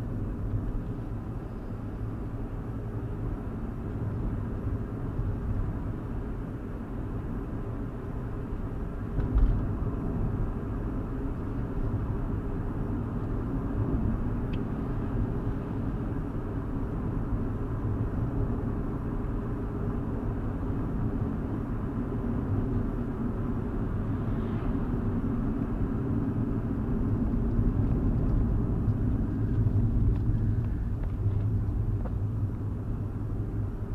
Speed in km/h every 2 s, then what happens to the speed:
44, 48, 50, 52, 53, 53, 55, 55, 55, 55, 55, 56, 56, 47, 37, 31, 39.
0-5 speeds up to 52. 5-24 steady at about 55. 24-29 brakes to 31.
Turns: 27-34.